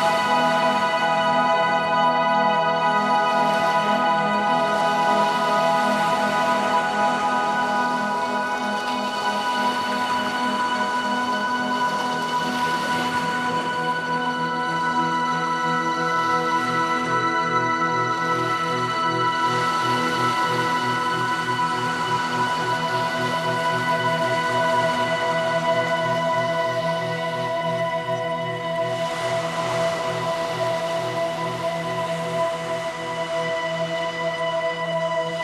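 Waves from passing ships' wakes wash in over a constant droning engine hum with several steady tones. Swells of splashing rise and fall around 5, 12, 20 and 29 seconds, and from about 16 seconds a low rhythmic throb pulses underneath.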